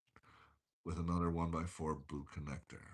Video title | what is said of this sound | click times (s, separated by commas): LEGO Build #10302 OptimusPrime Part III #ilovelego #transformers #autobotsrollout #lego | might be put that there on the back. And then we lock it in | 0.2 s